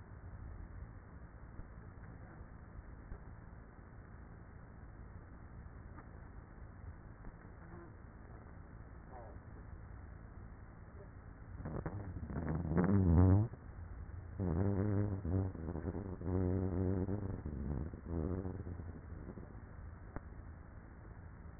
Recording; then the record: honeybee colony, microphone inside the hive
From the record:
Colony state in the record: queenless with a low population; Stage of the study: after two queens were removed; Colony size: about 30,000 bees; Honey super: no